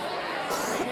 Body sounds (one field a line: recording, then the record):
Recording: coughing mixed with background sound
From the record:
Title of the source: 31 night wet cough